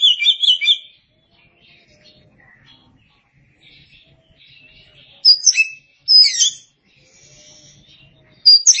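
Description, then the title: Oriental magpie-robin singing a rapid, chattering phrase at the start, then quiet warbles, followed by two loud, sharp whistled phrases with sweeping notes and the start of another. Oriental magpie-robin (kacer) song. "Suara Kicauan Burung Kacer"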